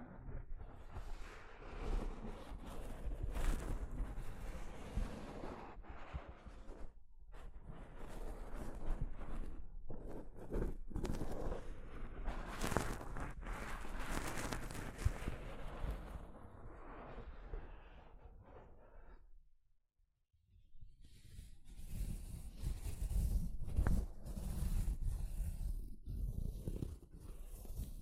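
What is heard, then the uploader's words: Soft fabric brushes against a microphone in dense, rustling strokes with sharp scuffs, dropping to near silence around twenty seconds before resuming. ASMR Mic Brushing using Soft Fabric (No Talking).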